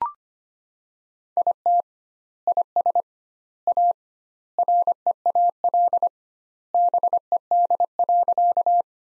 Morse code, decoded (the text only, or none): IT IS A REAL BED.